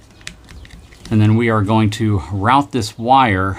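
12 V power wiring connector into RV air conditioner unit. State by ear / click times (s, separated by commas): seated / 0.3 s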